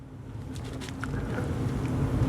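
A plastic terminal retainer on a Suzuki TS250 motorcycle wiring harness connector is pushed down into place over a steady low rumble that slowly grows louder. A sharp, short click at 1.0 s marks the retainer seating.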